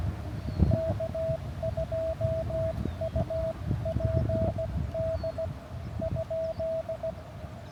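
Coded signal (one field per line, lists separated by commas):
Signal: Morse code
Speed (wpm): 17 wpm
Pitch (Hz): 660 Hz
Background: none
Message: K2UPD ?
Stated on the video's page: Morse signals during a park activation, made difficult by conditions.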